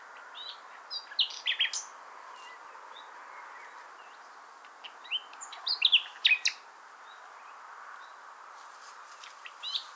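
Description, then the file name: Common nightingale song: two bursts of varied, sharp whistled and chirping notes, one near the start and one midway, over steady low background hiss. "Luscinia megarhynchos"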